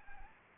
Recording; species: mosquito wingbeat signal from an infrared sensor; Anopheles gambiae